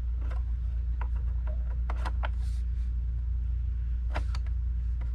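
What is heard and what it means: A second memory module (DIMM) is handled at slot one of the memory bay of a 2019 27-inch iMac Retina. Over a steady low hum, several short, sharp ticks and taps sound, the strongest around 1.0, 1.9 and 2.3 seconds. Nothing has seated or clicked into place yet.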